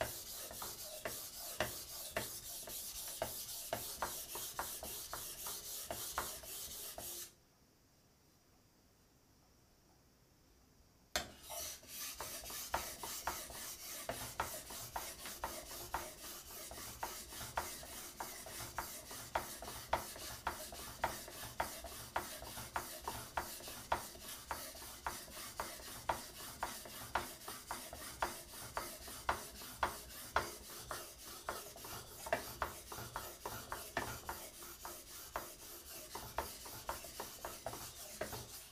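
A kitchen knife is sharpened with a dense, gritty rasp of blade on stone, strokes repeating quickly and steadily. The scraping stops for about four seconds near the seven-second mark, then resumes with regular back-and-forth strokes and sharp clicks through to the end.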